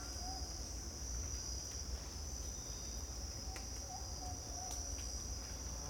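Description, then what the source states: Insects: continuous buzzing holds one high, even pitch throughout, with a few soft, brief bird chirps. Costa Rica rainforest jungle, morning, insect bed with distant bird calls, spaced AB stereo recording with CMC 6 microphones.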